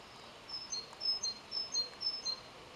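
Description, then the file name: Great tit giving clear, high, pure whistled notes, alternating pitches in short repeated phrases roughly twice a second, with low background noise. "Parus major"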